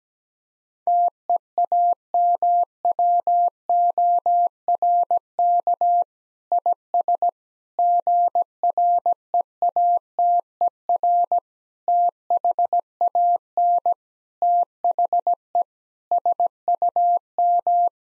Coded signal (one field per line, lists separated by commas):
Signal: Morse code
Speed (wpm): 17 wpm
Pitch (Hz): 700 Hz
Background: none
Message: TEAMWORK IS GREATER THAN THE SUM